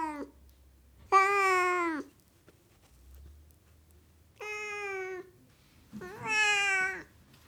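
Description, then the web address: Siamese cat with three strained meows and the tail end of another, some wavering and rising then falling, separated by brief silences and a faint low hum. "BBC Sound Effects Library. Siamese Cat Meowing"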